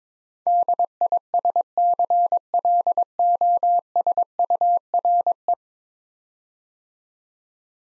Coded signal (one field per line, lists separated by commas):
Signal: Morse code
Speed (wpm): 22 wpm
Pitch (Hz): 700 Hz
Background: none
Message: DISCLOSURE